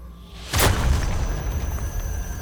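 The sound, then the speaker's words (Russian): A single explosion of a crystal atop a tall column, struck by a shot, bursts out with a sharp, bright crack, then settles into a low, steady rumble that lingers to the end, with no voices present. “В вышине полыхнуло пламенем, донесся отзвук взрыва, и свечение над колонной погасло.”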